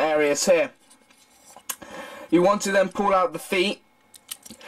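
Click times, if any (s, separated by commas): 1.7 s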